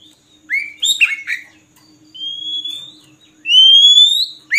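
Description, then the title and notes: Oriental magpie-robin song: a few sharp slurred notes, then two long rising whistles separated by a short pause. Long-duration song used to train kept birds to sing actively, day and night. "Kacer Jadi Gacor Siang Malam. Isian Kacer Durasi Panjang"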